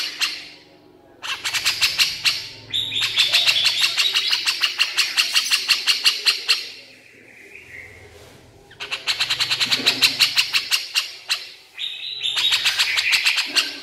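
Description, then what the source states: Horsfield's bush lark song: fast bursts of high, sharp repeated notes, several a second, in bouts broken by short pauses and softer slurred phrases, with a faint low hum behind. Masteran (tutor) recording of branjangan song for training songbirds, described as super gacor (singing constantly).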